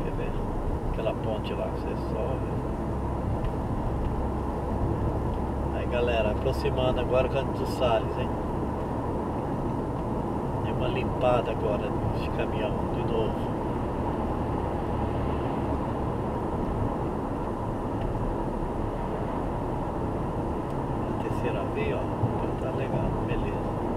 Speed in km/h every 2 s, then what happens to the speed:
71, 74, 77, 80, 80, 82, 83, 85, 84, 86, 87, 88.
0-24 speeds up to 88.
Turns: none.